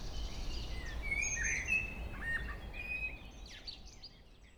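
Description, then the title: Common blackbird giving soft, fairly faint fluty notes and thin high whistles, with scratchy twitters near the end and a low rumble throughout. Local blackbird singing, recorded at Chindrieux, France. "Chemin des cris, Chindrieux, France - Merle"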